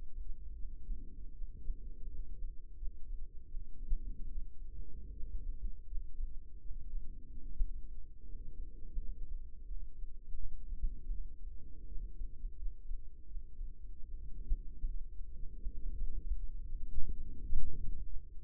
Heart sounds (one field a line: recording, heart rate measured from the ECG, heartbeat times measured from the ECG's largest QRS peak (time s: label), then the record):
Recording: heart sounds by microphone in the right ear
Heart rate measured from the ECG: 80 bpm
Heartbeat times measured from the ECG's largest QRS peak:
0.55 s: heartbeat
1.34 s: heartbeat
2.09 s: heartbeat
2.77 s: heartbeat
3.47 s: heartbeat
4.28 s: heartbeat
5.13 s: heartbeat
5.87 s: heartbeat
6.61 s: heartbeat
7.42 s: heartbeat
8.25 s: heartbeat
8.99 s: heartbeat
9.66 s: heartbeat
10.35 s: heartbeat
11.11 s: heartbeat
11.88 s: heartbeat
12.57 s: heartbeat
13.27 s: heartbeat
14.04 s: heartbeat
14.87 s: heartbeat
15.67 s: heartbeat
16.38 s: heartbeat
17.06 s: heartbeat
17.80 s: heartbeat
From the record:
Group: healthy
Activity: rest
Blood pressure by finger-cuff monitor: 145/65 mmHg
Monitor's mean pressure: 90 mmHg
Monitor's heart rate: 81 bpm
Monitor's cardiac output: 8.5 L/min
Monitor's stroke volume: 106 mL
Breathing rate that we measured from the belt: 18 breaths a minute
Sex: female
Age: 22 years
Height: 160 cm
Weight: 63 kg